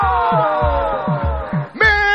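A crowd of Flamengo fans cheers and shouts in a sustained, tonal roar over steady thumping beats, then surges louder with a sharp rise near the end, at a live show at Bar do Nety in Vila do Conde.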